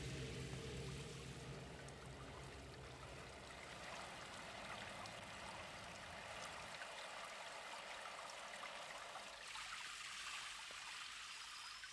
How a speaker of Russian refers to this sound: Он заходит в душ в одежде, встает под струи воды.